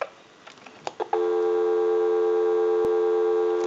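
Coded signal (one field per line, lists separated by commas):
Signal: telephone call progress tone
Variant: North America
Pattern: dial tone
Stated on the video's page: General Electric 6.0 27909 cordless telephone undergoing initial checkout and repair.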